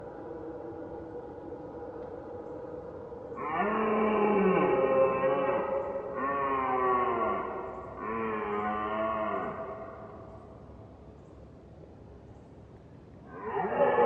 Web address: Red Deer and Roe Deer - Roaring, barking and other sounds Red Deer far distance MS